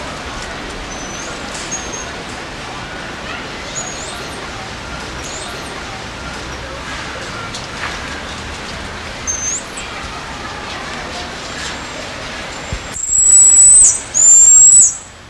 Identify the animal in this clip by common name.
White-headed Marmoset